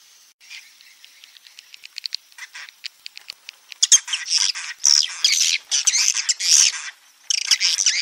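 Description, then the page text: Swiftlet twittering: faint rapid clicks build into loud, harsh, buzzy chirps that come in irregular bursts during the second half. Lure recording for swiftlet houses: a roosting-type ('inap') call. "Suara Burung Walet sufar sinar 77 Suara Panggil, Suara Inap Dan Tarik"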